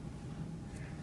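An SD card is pushed into the card slot of a petMAP+ II veterinary monitor. Only a steady low rumble with broadband background noise is heard, with no distinct transients. The card has not clicked or seated yet.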